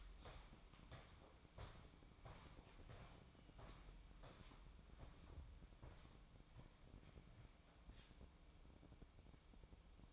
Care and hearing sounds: daily activity, microphone in the room; walk to room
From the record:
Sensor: 1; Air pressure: 1008.2 hPa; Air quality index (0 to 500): 139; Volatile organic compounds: 2 ppm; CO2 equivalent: 1168 ppm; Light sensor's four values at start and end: 8/20/8/8 and 9/20/8/9

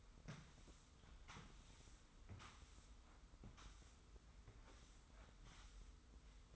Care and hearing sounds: daily activity, microphone in the room; sweep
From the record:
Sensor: 3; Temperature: 25.5 degrees Celsius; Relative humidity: 43.4%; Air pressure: 990.4 hPa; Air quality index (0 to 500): 196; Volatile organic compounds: 1000 ppm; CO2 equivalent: 6413 ppm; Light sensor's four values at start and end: 44/104/42/40 and 44/104/42/40

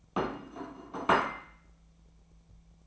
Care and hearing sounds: daily activity, microphone in the room; place plate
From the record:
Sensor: 1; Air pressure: 1000.3 hPa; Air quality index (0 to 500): 144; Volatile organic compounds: 3 ppm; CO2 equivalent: 1357 ppm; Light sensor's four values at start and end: 28/70/29/35 and 28/69/29/35

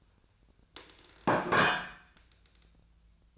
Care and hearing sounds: daily activity, microphone in the room; place plate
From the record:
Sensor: 2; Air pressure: 1009.2 hPa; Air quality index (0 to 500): 187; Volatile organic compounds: 12 ppm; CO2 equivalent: 2326 ppm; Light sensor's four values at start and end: 23/56/24/26 and 23/57/25/27

